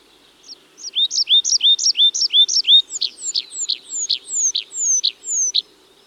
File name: Tree Pipit (Anthus trivialis)